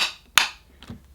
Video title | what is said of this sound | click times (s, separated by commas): Shark CarpetXpert With StainSkriker Carpet Washer Assembly & First Look | So again, push it in and you'll hear two clicks, | 0.4 s, 0.8 s